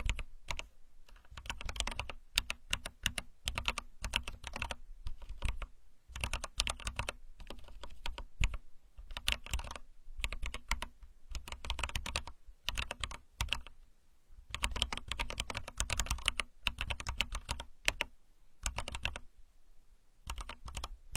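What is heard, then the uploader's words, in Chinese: Someone types on a computer keyboard, each keypress a short sharp click. The typing comes in quick bursts of several strokes, broken by brief pauses, and keeps going unevenly through the whole clip with a faint low hum underneath. 敲击键盘的声音。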